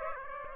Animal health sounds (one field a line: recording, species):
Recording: mosquito wingbeat signal from an infrared sensor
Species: Aedes aegypti